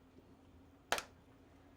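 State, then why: Seated. After washing and sanitizing, a clear plastic face shield is snapped back onto IDC Snap System Model IDC/SE headgear. A sharp, bright snap lands at 0.9 s, followed by a smaller tick right after, over a quiet background with a faint steady hum. The face shield seats in place on the headgear snap mount.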